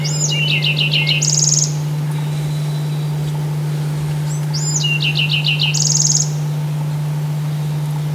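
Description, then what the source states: Bewick's wren singing two matching phrases about five seconds apart, each an opening note, a fast stuttered trill and a buzzy high ending, over a constant low hum. Recorded 28 May 2005.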